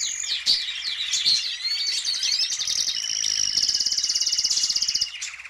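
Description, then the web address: Canary song, a fast, varied stream of high twittering notes, sweeping whistles and buzzy trills, ending in a rapid rolling trill. "Madacy Music Group Inc 292 Sound Effects. Birds, Canary"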